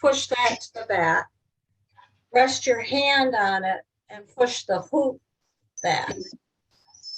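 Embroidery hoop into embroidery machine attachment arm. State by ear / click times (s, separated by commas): not seated / none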